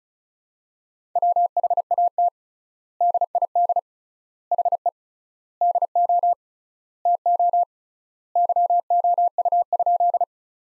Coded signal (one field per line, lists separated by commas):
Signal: Morse code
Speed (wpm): 36 wpm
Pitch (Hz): 700 Hz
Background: none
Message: WHAT DID HE DO TO YOU?